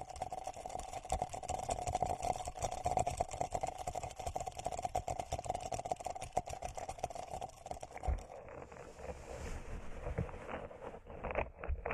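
Plants rub and crackle around the ears in a dense, steady rustling, with a low hum underneath; it turns duller after about eight seconds.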